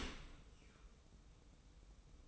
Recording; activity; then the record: daily activity, microphone in the room; open dishwasher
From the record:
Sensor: 1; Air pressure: 990.4 hPa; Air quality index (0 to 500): 176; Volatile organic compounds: 1000 ppm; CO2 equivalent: 6492 ppm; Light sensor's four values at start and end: 24/56/24/26 and 24/56/24/26